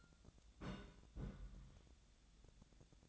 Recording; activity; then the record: daily activity, microphone in the room; place on stove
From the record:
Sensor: 3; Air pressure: 1000.0 hPa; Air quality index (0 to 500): 127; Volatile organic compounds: 2 ppm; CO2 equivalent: 1139 ppm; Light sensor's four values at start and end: 40/100/43/47 and 40/100/43/47